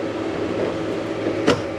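An AC power cable connector is pushed into the AC input port of an EcoFlow home battery unit over a steady low background hum. A single short, sharp click sounds at 1.5 s as the connector seats.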